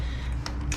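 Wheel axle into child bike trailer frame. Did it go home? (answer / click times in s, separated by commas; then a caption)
yes / 0.5 s, 0.7 s. With the release button held down, a wheel axle is pushed into the mount on a child bike trailer frame. Two sharp clicks are heard at 0.5 s and 0.7 s over a steady low hum, and the wheel seats onto the axle mount.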